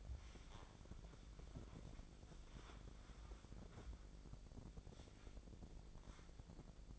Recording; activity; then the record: daily activity, microphone in the room; wipe stove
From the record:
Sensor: 5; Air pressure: 1012.4 hPa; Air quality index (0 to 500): 161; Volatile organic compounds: 2 ppm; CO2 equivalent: 1096 ppm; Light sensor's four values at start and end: 191/458/195/225 and 191/457/195/225